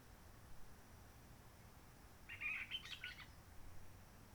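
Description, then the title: Réunion bulbul giving one short warbled phrase of quick chirping notes around the middle, otherwise quiet with a faint low hiss. Roche Merveilleuse forest, Réunion; quiet since 19 March 2020 lockdown, no visitors, microlights or helicopters; sunny; birds not very active; sings simpler short phrases, adapted to past air-tourism noise. "Roche Merveilleuse, Réunion - Merle de lîle de la Réunion."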